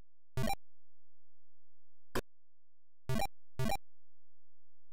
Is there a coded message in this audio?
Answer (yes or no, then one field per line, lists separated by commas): no